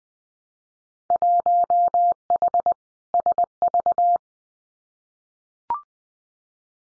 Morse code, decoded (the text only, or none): 1H SV